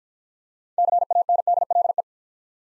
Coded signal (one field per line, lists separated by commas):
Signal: Morse code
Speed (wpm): 50 wpm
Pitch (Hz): 700 Hz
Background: none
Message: CANDLE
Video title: Easy Words - Speed-Racing with Hints - 40wpm